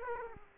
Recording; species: mosquito wingbeat signal from an infrared sensor; Aedes aegypti